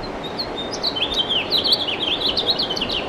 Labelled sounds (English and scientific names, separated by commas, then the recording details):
House Finch (Haemorhous mexicanus) song
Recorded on Long Island, New York, on 2 June 2012
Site CP
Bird E